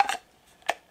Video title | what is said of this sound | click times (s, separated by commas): MORAKNIV Bushcraft Survival Knife Gear Review | like that, and locks into place. | 0.7 s